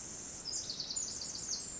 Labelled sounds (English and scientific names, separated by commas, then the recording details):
Pacific Wren (Troglodytes pacificus)
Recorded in Sonoma County, California